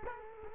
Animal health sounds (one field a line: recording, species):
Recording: mosquito wingbeat signal from an infrared sensor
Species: Culex quinquefasciatus